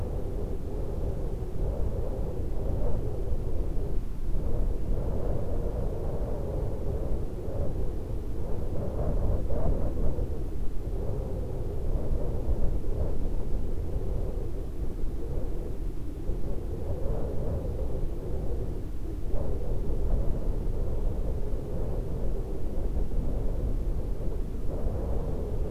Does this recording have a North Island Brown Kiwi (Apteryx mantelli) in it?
no